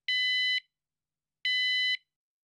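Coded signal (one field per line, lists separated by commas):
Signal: beep code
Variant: van alarm remote pairing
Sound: two half-second electronic beeps about a second apart, harsh buzzy alarm tone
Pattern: 2 long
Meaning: Two beeps confirm the remote has been successfully paired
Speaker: press the lock and unlock buttons simultaneously and two beeps will sound if successfully set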